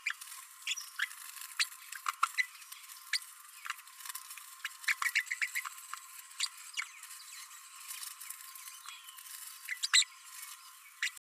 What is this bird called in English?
Green-rumped Parrotlet